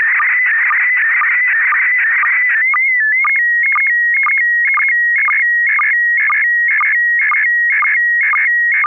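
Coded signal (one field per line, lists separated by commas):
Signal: SSTV (slow-scan television)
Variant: PD 120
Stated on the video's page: Heard during amateur radio SSTV net on FM repeater 441.300 MHz.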